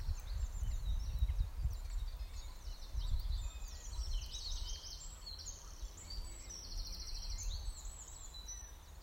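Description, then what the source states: Birds singing: busy high chirps, trills and repeated rapid notes, with a constant low-pitched rumble underneath. Meadow birdsong recorded during lockdown.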